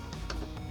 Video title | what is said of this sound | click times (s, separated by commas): Unboxing my MOST EXPENSIVE STATUE EVER! (Albedo-Overlord) WeAreAnimeCollectors & Scratch Studio | Oh, wow. That's like a perfect little snapped in place right there. | 0.3 s